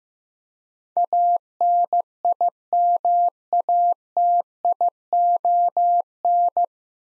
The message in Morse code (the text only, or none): ANIMATION